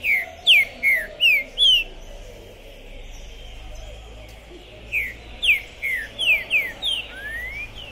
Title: ESQUENTAR Seu TRINCA Piando, Cantando E Macheando Na DISPUTA. Esse TRINCA FERRO ficou POSSUÍDO na PORTA do TORNEIO! Trinca Ferro Pistoleiro 2021!